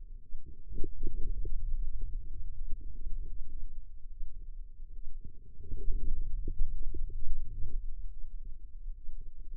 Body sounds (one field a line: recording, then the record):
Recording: forearm muscle sounds (acoustic myography)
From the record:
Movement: hand opening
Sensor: system 2, bracelet of six BSWA MPA416 microphones around the upper forearm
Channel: 5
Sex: female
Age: 25 years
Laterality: right